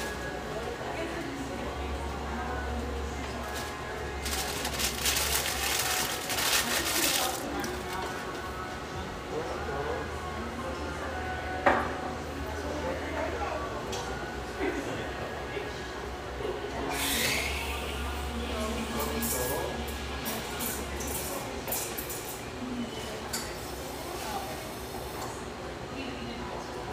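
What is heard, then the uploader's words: A busy café interior with a steady wash of overlapping voices and murmured conversation throughout. Bright clattering bursts, likely dishes or an espresso machine, come around 4–7 and 17–20 seconds, over a low rumbling hum, with a sharp knock near 12 seconds. Park City, Utah. Duck in from the blustery mountain winds in this warm, firelit café in one of America's most popular ski towns.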